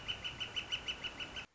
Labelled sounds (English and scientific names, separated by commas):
Northern Flicker (Colaptes auratus)